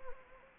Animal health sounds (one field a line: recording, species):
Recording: mosquito wingbeat signal from an infrared sensor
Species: Anopheles gambiae